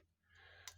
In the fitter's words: rotate it around, and it locks into place.